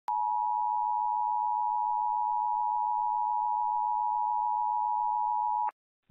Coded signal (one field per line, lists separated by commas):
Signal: Emergency Alert System (SAME) tones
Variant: 853 and 960 Hz attention tone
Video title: EAS Civil Emergency Message Concordia Parish, Louisiana (Mississippi Stateline)